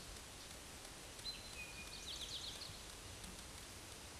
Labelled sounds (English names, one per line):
Eastern Towhee song